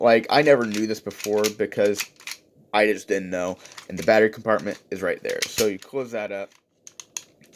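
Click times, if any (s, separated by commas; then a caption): 7.2 s. Someone talks, then closes the plastic battery compartment cover on a vintage Transformers G1 Omega Supreme transforming robot toy, pressing it into the robot's body. A few quick, sharp plastic taps follow around 6.9 and 7.0 s, and the loudest snap at 7.2 s is the cover clicking shut and latching in place.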